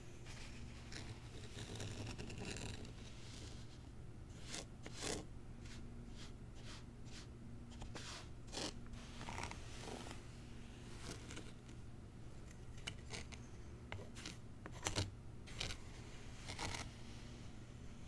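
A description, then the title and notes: Unboxing a zen garden: scattered clicks, rustles and small clinks of handled pieces come every second or so over a constant low hum. ASMR Icnbuys Zen Garden Unboxing No Talking.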